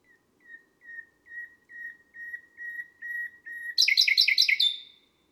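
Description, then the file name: Common nightingale song: drawn-out, level whistles repeated slowly, breaking into a quick rattling flourish. "Rossignol philomele"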